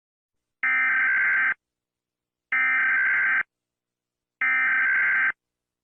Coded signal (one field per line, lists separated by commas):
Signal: Emergency Alert System (SAME) tones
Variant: header bursts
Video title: Rating MORE Fictional EAS Alarms (Part 10)